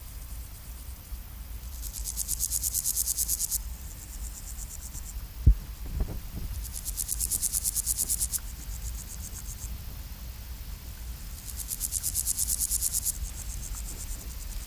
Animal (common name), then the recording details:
Meadow Grasshopper. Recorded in the wild. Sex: male. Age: imago. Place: Hakenfelde, Spandauer Forst, Berlin, DE. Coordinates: 52.58, 13.17. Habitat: Waldwiese. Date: 1997-08-17 16:18. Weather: 28°C, heiter, windig. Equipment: Sony MD-WM MZ-R3, Sennheiser MKH 416 T, Kopie Uher 4000 Report Monitor. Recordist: Tembrock, Günter